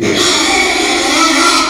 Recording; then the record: squeal of a Yucatan mini pig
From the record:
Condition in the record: after surgery on the right vocal fold (resection and tissue-engineered implant); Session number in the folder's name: 2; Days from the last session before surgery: 13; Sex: male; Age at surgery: 12 weeks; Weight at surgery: 13 kg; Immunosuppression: cyclosporine, prednisolone